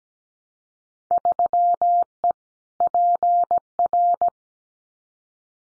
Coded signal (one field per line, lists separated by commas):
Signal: Morse code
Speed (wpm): 17 wpm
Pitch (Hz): 700 Hz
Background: none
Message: 3E PR